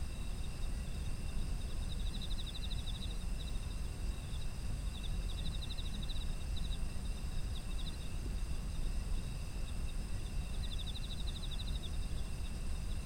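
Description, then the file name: Insects chirping: three separate pulsed trills against constant shrill tones and a low rumbling background. Autumn insect ambient sound. "秋の虫の環境音"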